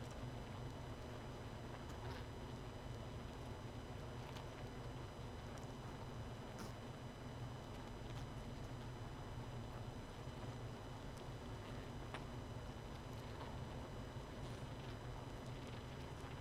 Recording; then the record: honeybee colony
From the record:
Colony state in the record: missing queen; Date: 31 May 2018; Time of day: 21:38